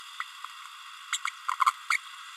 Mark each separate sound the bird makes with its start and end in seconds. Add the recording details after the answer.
0.20-0.23, 1.12-1.18, 1.26-1.30, 1.66-1.71, 1.90-1.97. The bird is a female. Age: 30 days. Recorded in a nest box in Venezuela. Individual 17B32A7